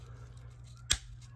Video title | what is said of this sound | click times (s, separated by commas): How to change your Audi 3.2 valve cover gaskets in 30 minutes! | you can hear it pop and that one's free | 0.9 s